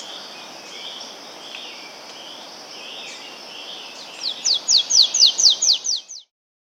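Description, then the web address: Golden-bellied warbler song: after a quiet hissy stretch, a rapid run of several high, sharply descending notes, evenly spaced and ending abruptly. South America. "Natures Songs S America Golden-Bellied Warbler"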